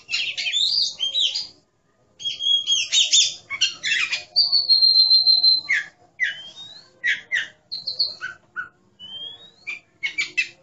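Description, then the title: Oriental magpie-robin song of rich chattering phrases, a sustained high whistle, and several rising whistled notes, with short pauses between bursts. "Kacer"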